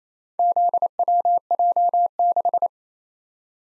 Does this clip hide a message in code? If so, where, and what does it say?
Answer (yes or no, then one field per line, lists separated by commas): yes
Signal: Morse code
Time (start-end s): 0.4-2.7 s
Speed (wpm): 28 wpm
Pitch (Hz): 700 Hz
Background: none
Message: ZWJ6